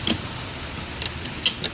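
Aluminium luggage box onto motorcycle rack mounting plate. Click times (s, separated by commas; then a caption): 1.5 s, 1.6 s. An aluminium Panther Moto side box is pushed onto the locking points of a heavy duty rack mounting plate on an X-ADV 750. Sharp metallic knocks sound at 0.1, 1.1 and 1.3 seconds as the box is worked onto the mounts. Two bright clicks at 1.5 and 1.6 seconds mark the box latching and seating in its lock.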